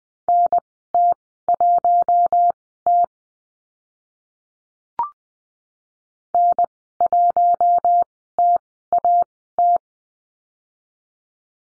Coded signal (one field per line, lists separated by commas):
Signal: Morse code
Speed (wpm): 20 wpm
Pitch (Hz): 700 Hz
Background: none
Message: NT1T N1TAT